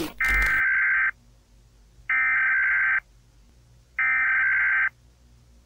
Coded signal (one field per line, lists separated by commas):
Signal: Emergency Alert System (SAME) tones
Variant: header bursts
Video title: It Is Outside Your Window – SCP EAS SCENARIO